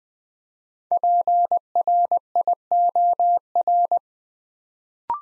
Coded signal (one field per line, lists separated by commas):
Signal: Morse code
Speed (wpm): 20 wpm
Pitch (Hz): 700 Hz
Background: none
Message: PRIOR